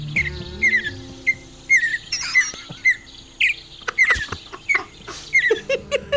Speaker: The official state bird is the mountain bluebird. It's blue, and its song sounds a little like this.